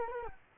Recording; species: mosquito wingbeat signal from an infrared sensor; Culex quinquefasciatus